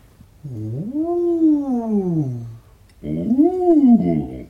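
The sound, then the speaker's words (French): A voice imitates a siren twice as a breath-control vocal exercise, each a smooth vocal glide sweeping up in pitch and back down, the first longer, the second shorter and slightly louder, with a brief pause between. “Maintenant, quelques sirènes comme nous avons fait hier.”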